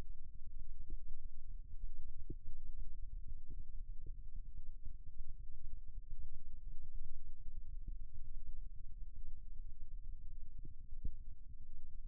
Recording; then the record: forearm muscle sounds (acoustic myography)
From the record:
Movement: rest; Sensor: system 2, bracelet of six BSWA MPA416 microphones around the upper forearm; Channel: 2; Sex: male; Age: 22 years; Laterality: right